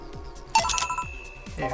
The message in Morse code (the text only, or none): none